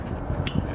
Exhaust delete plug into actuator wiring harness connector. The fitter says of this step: such you heard the click